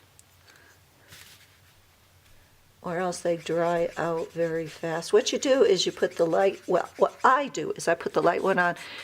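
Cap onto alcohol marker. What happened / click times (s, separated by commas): The marker cap clicked on / 0.2 s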